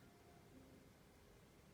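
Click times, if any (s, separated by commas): none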